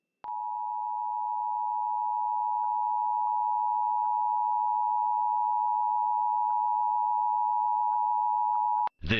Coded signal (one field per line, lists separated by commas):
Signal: Emergency Alert System (SAME) tones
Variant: 853 and 960 Hz attention tone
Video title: 4th of July! Ventura County Required Monthly Test (EAS #597-607) 7/4/23